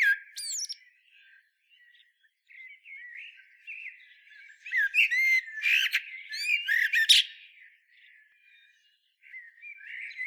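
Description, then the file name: Eurasian blackbird song, a brief high squeak, then scattered soft warbles building to a loud run of high squeaky twitters mid-way, then dropping back to quiet warbling. "Turdus merula"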